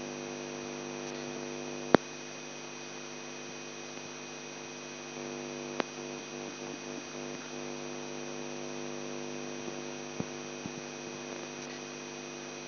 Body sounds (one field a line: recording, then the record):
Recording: brain microelectrode recording played as sound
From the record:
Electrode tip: outside the subthalamic nucleus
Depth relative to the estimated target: -8 mm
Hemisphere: left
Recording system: AlphaMap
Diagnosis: Parkinson's disease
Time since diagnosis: 11 years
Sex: male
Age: 42 years